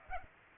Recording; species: mosquito wingbeat signal from an infrared sensor; Aedes aegypti